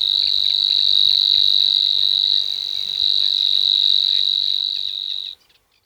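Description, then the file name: Savi's warbler song, a continuous high mechanical reel like a buzzing insect, held steadily for over five seconds before stopping abruptly. "snor zang"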